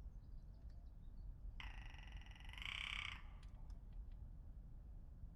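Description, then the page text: Rock ptarmigan delivering a single loud, buzzy, rattling croak of about one and a half seconds, with faint small-bird chirps before and after. Curious rock ptarmigan recorded in Iceland on 13 April 2019 with a Lewitt LCT540s microphone. "Lewitt LCT540s and the curious Rock Ptarmigan. HLJÓÐMYND - SOUNDIMAGE"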